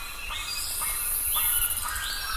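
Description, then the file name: Bird calls: quick upslurred whistles repeated several times over a lower chirping note and constant background hiss. "SABIOD 50 bird 2015"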